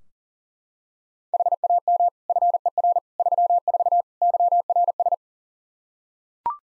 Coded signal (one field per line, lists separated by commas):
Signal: Morse code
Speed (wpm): 40 wpm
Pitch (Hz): 700 Hz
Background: none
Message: HAM FER 34 YRS